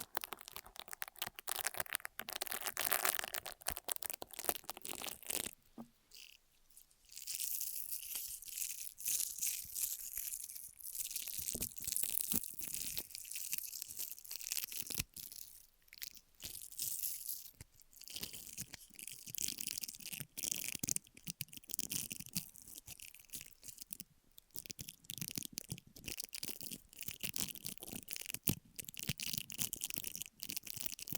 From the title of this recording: Ear Massage, Cleaning